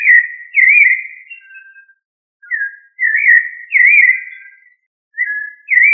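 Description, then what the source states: Thrush singing mellow whistled phrases, each a short looping run of notes, separated by brief pauses. Member of the thrush family, known locally as sabiá.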